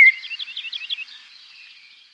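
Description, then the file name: Common blackbird song: a brief high, scratchy twittering phrase of rapid notes that quickly fades out. "merle noir"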